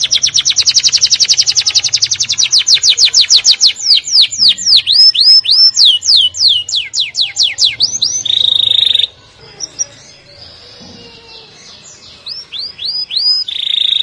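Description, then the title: Canary sings a rapid trill of falling notes and a buzzy roll, pauses in near silence, then resumes with more curved notes and rattles. "Kenari"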